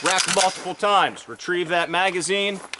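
A pistol magazine is retrieved during malfunction clearing and handled toward the magazine well of a pistol-caliber carbine while someone talks throughout. The magazine has not seated yet; no click is heard.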